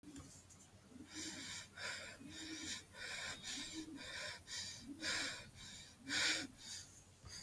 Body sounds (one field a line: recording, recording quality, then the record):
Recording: shallow breathing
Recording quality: excellent, no background noise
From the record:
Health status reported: healthy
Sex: female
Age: 20 years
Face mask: not worn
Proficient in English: yes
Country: India